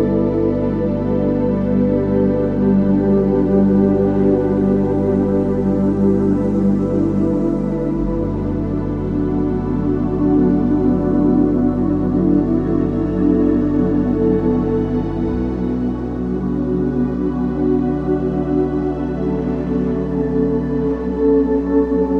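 Ambient music for a snowy forest: slow, sustained drone tones layered into a dense, steady wash. The low bass notes shift at about eight seconds and again near fifteen, while a soft airy hiss drifts faintly above throughout, at an even volume.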